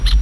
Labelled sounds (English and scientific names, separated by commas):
Brown-throated Parakeet (Eupsittula pertinax) contact call